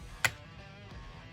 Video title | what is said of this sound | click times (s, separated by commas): How to Replace or Change the Backstrap on a Glock Gen4/5 | you'll hear a click once it clicks into place | 0.2 s